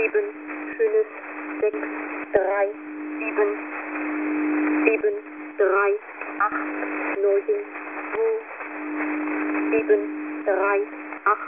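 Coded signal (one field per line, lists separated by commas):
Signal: numbers station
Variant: G06 German Lady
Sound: female voice reading digits one by one at an even pace over hiss and a low drone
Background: radio static, low carrier hum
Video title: Russian Number Station G06 - German Lady 00000 - "Fake-Message" with XP shutdown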